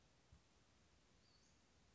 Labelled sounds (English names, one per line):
Western Flycatcher